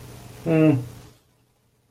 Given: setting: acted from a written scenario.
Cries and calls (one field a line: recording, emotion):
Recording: vocal sound without words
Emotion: neutral